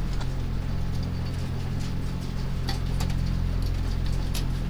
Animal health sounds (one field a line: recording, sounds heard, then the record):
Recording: poultry house recording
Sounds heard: sick chickens (respiratory disease)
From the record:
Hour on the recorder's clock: 3